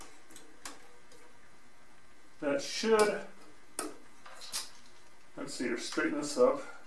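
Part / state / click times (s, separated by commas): rail or bracket piece into the garage door opener rail / not seated / none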